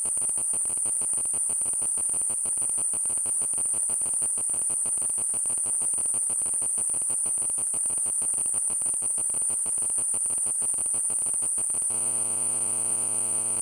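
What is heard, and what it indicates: Simulated tinnitus: a steady, high-pitched ringing tone near 9 kHz that holds unchanged throughout, over a regular, rapidly pulsing background at about two beats per second. The background changes character in the final seconds.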